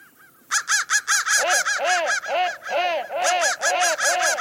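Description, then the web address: Crow giving harsh caws in a rapid run, the notes varying in pitch. "soundfactory crow"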